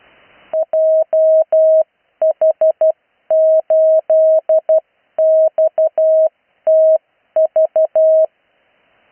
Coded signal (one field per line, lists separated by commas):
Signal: Morse code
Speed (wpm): 12 wpm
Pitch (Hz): 640 Hz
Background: none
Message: JH8XTV